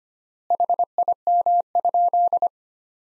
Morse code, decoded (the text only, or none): HIM?